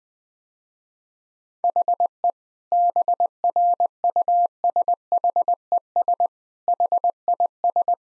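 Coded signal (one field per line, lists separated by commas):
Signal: Morse code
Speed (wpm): 21 wpm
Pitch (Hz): 700 Hz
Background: none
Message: HE BRUSHES HIS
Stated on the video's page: Morse practice sentences at 20 wpm with contextual hints, part of a copying practice series.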